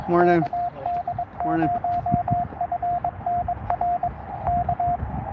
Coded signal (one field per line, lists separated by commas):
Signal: Morse code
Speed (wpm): 22 wpm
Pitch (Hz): 700 Hz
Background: speech, radio noise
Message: KD0FNR K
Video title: US-4571 kd0fnr #hamradio #morsecode